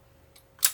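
The folding stock on the receiver of an LFJ TWI Lambda SR-2M gas blowback airsoft SMG replica is swung open until its latch catches and holds it locked in the open position. A faint tick comes at 0.4 s, then a sharp, bright click at 0.6 s as the latch seats and the stock stays fixed.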